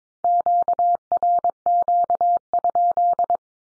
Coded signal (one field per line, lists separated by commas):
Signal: Morse code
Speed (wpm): 22 wpm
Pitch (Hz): 700 Hz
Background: none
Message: QRQ?